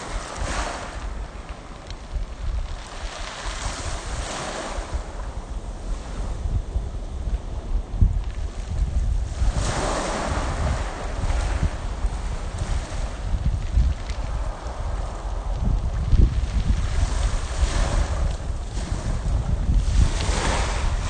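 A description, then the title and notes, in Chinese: Waves wash over a pebble shore, rising in surges around 3–5, 9–11 and 19–20 seconds, each bringing a bright hiss of water and stones. A steady low rumble of wind buffeting the microphone runs underneath throughout, gusty. 鵝卵石與海。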